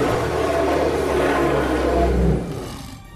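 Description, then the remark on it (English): A lion, Aslan from C.S. Lewis's Narnia story, roars in one long, loud, rumbling, deep-throated blast lasting about two seconds, then it trails off quickly into quiet. No one speaks. “He raised his head and roared!”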